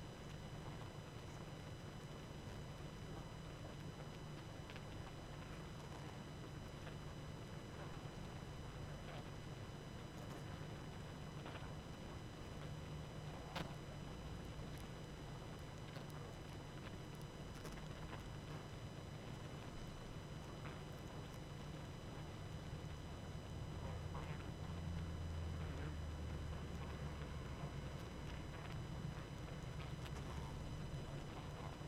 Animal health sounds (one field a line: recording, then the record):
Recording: honeybee colony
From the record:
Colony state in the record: active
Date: 12 June 2018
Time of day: 22:06